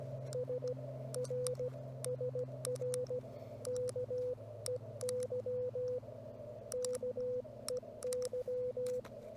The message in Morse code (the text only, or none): SRSR KEY KEY